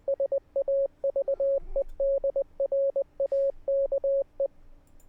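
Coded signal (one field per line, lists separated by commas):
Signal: Morse code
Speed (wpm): 20 wpm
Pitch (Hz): 550 Hz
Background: radio noise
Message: SAVE DRAKE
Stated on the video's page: Morse heard in the game Static Dread: The Lighthouse.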